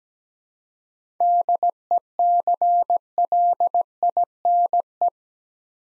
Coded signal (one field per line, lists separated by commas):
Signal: Morse code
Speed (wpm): 17 wpm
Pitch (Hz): 700 Hz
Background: none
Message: DECLINE